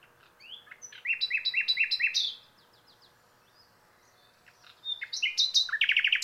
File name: Luscinia megarhynchos